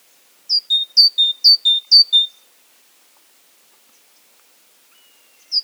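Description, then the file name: Great tit phrase of four repeated high-low two-note units, bright and ringing, delivered quickly over two seconds, then quiet with a single note at the end. Subspecies kapustini. "Great Tit Parus major kapustini"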